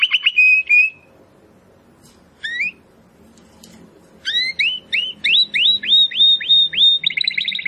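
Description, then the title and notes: Domestic canary song in short bursts: a whistled note, a short phrase, then a series of upswept chirps ending in a fast trill. Belgian canary of the Campainha type, singing. "Canário Belga Campainha Canary Singing. Canario Belga Cantando"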